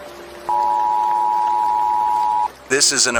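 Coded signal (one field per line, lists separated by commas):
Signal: Emergency Alert System (SAME) tones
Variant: 853 and 960 Hz attention tone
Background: speech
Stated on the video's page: Fictional simulated Emergency Alert System broadcast about an alien arrival.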